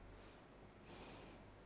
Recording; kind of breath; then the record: one breath in and out by a microphone near the nose and mouth; normal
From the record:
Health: marked as sick, illness not named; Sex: female